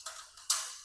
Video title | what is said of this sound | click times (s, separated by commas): Can This 14 Pound Platform Really Hold 400 Pounds? | like this. Snaps into place. | 0.5 s